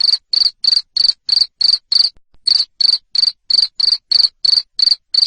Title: Suara JANGKRIK NGERIK Keras Bikin LOVEBIRD Jadi NGEKEK Terus